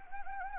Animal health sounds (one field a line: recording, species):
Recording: mosquito wingbeat signal from an infrared sensor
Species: Anopheles gambiae